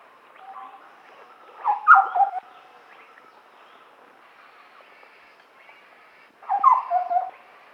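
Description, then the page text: Large scimitar babbler calls: two loud bursts of notes near two and seven seconds, over steady background noise. "Large Scimitar Babbler Call. Quick Sounds"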